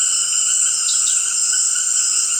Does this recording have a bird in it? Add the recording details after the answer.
no. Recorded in dense forest near Puerto Asís, Putumayo, Colombia, on 4 March 2025 at 18:30. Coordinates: 0.481, -76.323. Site G088